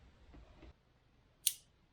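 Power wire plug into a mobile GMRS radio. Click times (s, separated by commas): 1.5 s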